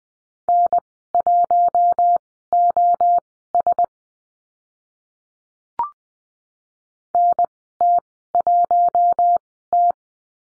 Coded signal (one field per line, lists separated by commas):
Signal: Morse code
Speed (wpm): 20 wpm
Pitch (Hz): 700 Hz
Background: none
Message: N1OS NT1T